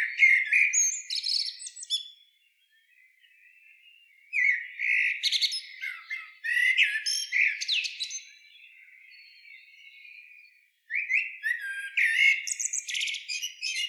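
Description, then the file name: Common blackbird song, several phrases of rich warbling notes with squeaky, high twittering flourishes, separated by quieter pauses of a couple of seconds. "Turdus merula"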